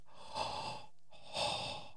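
Two loud, rasping open-mouth breaths from an adult man, an imitation of his noisy breathing while dozing off, with his mouth falling open because his nose was badly blocked by pollen.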